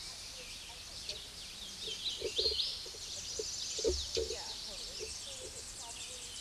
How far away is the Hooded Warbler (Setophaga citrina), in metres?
about 25 m